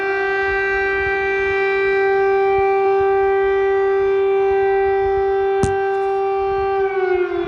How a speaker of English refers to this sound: Air raid sirens have gone off in a number of cities, according to several local Ukrainian media outlets.